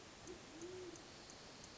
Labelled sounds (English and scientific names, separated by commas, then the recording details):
Band-tailed Pigeon (Patagioenas fasciata)
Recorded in Sonoma County, California